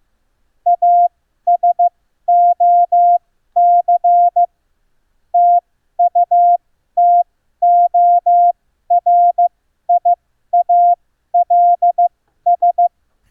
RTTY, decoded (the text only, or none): none